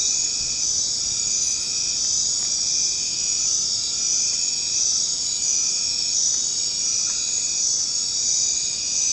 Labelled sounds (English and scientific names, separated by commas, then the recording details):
none
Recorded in dense forest near Puerto Asís, Putumayo, Colombia, on 24 March 2025 at 21:30
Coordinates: 0.500, -76.322
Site GP06